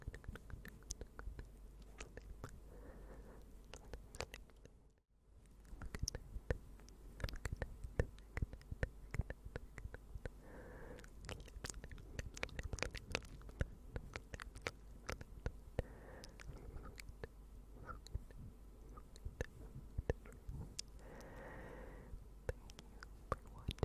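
Unintelligible whispering, close up, made of soft breathy bursts and many sharp clicks and lip or mouth sounds scattered densely throughout. A low rumble runs underneath, and the sound drops out briefly around five seconds before resuming.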